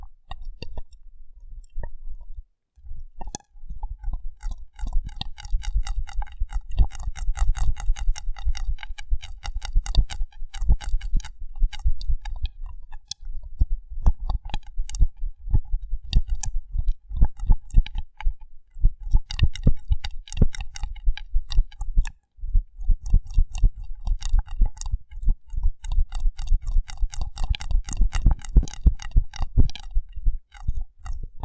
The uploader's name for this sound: Rough Brain Cleaning and Picking